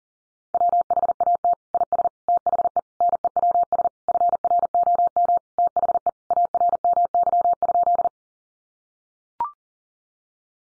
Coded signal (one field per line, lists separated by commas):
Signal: Morse code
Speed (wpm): 40 wpm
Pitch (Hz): 700 Hz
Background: none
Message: WHAT IS THE NEWS FROM THE ARMY?